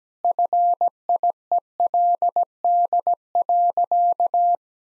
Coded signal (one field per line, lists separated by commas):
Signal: Morse code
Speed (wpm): 17 wpm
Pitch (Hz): 700 Hz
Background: none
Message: FIELD.